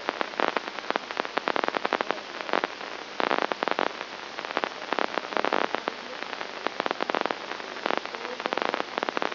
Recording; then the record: brain microelectrode recording played as sound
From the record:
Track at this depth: inside the subthalamic nucleus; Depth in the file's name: 2.104 mm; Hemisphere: left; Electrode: 2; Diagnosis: Parkinson's disease